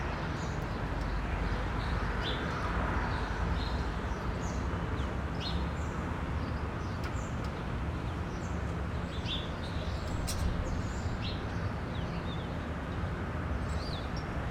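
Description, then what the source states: Birds giving scattered short high chirps over steady roaring wind and low traffic rumble, several calls spread through the recording. Recorded from a balcony over an alley in winter, with blowing snow and distant traffic.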